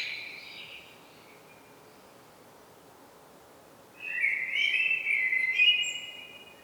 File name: Turdus merula